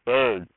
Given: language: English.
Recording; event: throat vibration sensor signal played as sound; speech